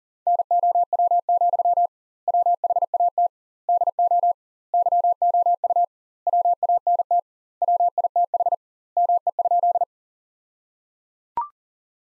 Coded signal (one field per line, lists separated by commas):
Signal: Morse code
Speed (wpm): 37 wpm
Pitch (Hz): 700 Hz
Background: none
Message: NOW, WHAT DO YOU WANT WITH ME?